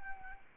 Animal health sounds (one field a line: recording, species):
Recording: mosquito wingbeat signal from an infrared sensor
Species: Anopheles arabiensis